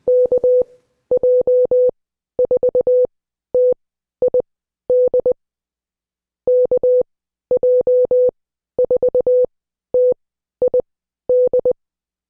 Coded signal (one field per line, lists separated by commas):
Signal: Morse code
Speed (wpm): 20 wpm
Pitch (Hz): 500 Hz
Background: none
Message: KJ4TID KJ4TID